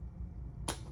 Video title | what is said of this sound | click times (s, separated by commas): SHARP LC-65Q620U FLASHES LOGO AND THEN CUTS OFF TROUBLESHOOTING BAD LEDS PART 1 | match the little buttons down smash them down and they lock into place | 0.7 s